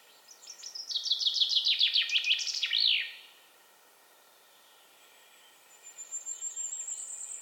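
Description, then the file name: Common chaffinch singing one song phrase, a trill falling in pitch with a flourish at the end, followed by a pause. "Fringilla coelebs"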